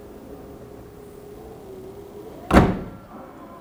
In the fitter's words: You should hear it latch.